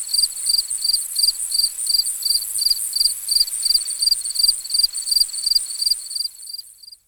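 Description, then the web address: Crickets chirping in regular shrill pulses about three per second over a high insect hum, fading out near the end. "Dr Sound Effects. Crickets and Frogs In the Distance"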